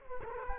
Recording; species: mosquito wingbeat signal from an infrared sensor; Culex quinquefasciatus